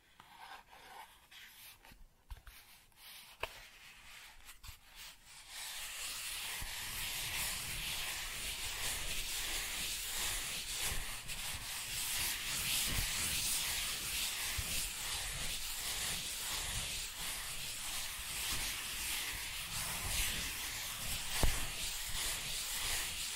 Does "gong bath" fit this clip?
no